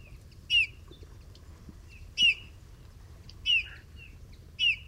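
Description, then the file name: Eurasian bullfinch calls: four soft, falling piping whistles at irregular intervals, with fainter notes between and low background rumble. "Pyrrhula pyrrhula"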